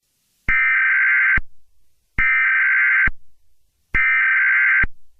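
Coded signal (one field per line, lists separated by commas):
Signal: Emergency Alert System (SAME) tones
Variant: header bursts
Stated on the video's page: Fictional EAS scenario, re-uploaded.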